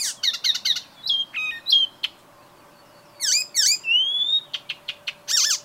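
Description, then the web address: Bird calls: rapid high chirps and swooping notes in irregular bursts, including a long rising whistle and several short sharp notes near the end. "ornitologiya slovar Ptichki"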